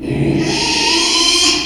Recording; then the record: squeal of a Yucatan mini pig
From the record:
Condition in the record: after surgery on the right vocal fold (resection and tissue-engineered implant); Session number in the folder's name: 2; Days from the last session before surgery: 13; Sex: male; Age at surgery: 12 weeks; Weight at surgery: 13 kg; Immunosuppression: cyclosporine, prednisolone